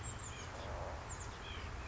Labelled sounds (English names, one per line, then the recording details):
White-breasted Nuthatch
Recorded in Sonoma County, California